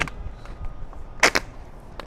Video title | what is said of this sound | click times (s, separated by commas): DesignRail® Installation with Art Steedle | Snapped into place. Hear it click in. | 1.2 s